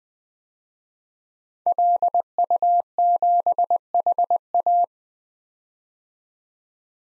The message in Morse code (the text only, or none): LU7HA